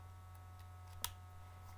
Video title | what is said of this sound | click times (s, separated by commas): About My Phone Video:) | Clicks in place you can set your phone like this or like this | 1.0 s